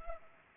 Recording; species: mosquito wingbeat signal from an infrared sensor; Culex pipiens